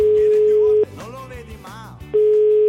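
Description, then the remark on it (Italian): A loud, steady single-pitched telephone busy tone after a caller is hung up on during the Italian radio show La Zanzara drones, breaks off for about a second while a brief muddle of other sound passes, then resumes just as flat and constant. “Telefono in faccia, è finita, Cruciani, punto.”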